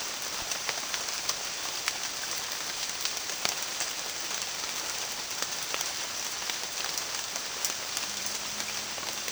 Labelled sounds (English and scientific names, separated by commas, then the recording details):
none
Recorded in dense forest near Puerto Asís, Putumayo, Colombia, on 25 June 2025 at 14:00
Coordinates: 0.466, -76.327
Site GP04